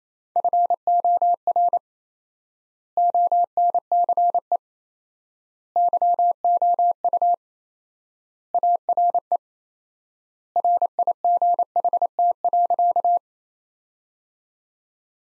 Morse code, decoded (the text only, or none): FOR ONCE YOU ARE RIGHT.